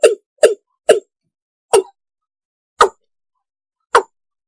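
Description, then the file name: Frog giving three fast knocking calls, then three more with lengthening gaps of about a second. "tieng ga dong"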